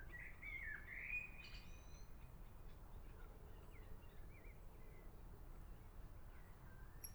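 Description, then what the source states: Eurasian otter whistles, thin, wavering, then rising and falling, several in the first two seconds, then fainter squeaky notes over a steady low rumble. Whistle calls given while swimming.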